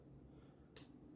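The rear takedown pin in an AR15 lower receiver is pulled up to check that its detent spring still works. Against a low steady hum, a single sharp click from the detent comes at 0.8 s, confirming that the pin has released.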